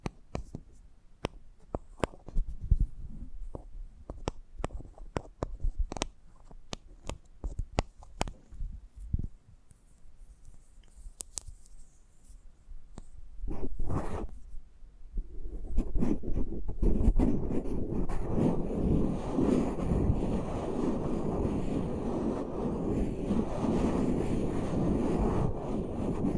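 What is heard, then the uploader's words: An ASMR ear massage begins with sparse, sharp taps and clicks scattered over near silence for about fourteen seconds. After a brief swell, a dense, steady rubbing and rustling takes over from around fifteen seconds, fuller and louder, weighted toward low and middle tones. ASMR Intimate Eardrum Massage.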